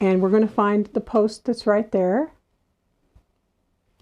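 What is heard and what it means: On a Bernina 440 sewing machine, a metal bobbin case with its latch held open is brought to the centre post of the hook assembly and lined up before being pushed home. Someone talks for the first 2.3 seconds, followed by near silence with a faint tap around 3.2 s and another at 4.0 s. Nothing has seated or clicked yet.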